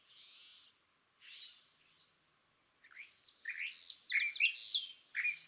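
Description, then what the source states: California thrasher singing short varied phrases, soft at first, then louder slurred and warbled notes in quick succession. Dawn song excerpted from a longer session on day 1, repeating a theme of notes chosen that morning; March 9, 2017, Montaña de Oro State Park, Los Osos, California.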